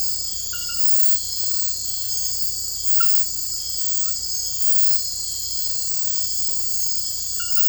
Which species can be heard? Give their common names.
none